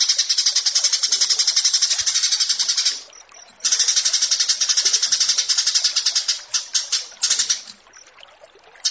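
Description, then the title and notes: Horsfield's bush lark song: dense, buzzy, rapidly pulsed high phrases, broken by a pause near three seconds and choppier bursts near the end. Bird-keeping song tutoring recording (masteran) of branjangan. "Branjangan VS BURGER Masteran. burung BRANJANGAN"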